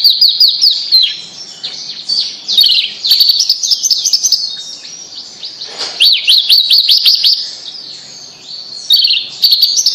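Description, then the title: Bird song, rapid high chirps and rising and falling whistles in long varied phrases, with short gaps between bursts. "Kicau Burung Yoi"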